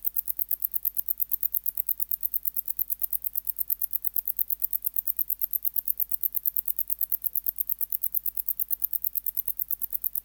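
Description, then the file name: Wart-biter song, a rapid unbroken stream of high, dry ticks throughout, with a steady low hum in the background. "Decticus verrucivorus"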